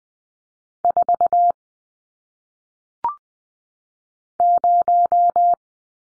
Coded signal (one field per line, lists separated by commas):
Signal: Morse code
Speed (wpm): 20 wpm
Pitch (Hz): 700 Hz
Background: none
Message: 4 0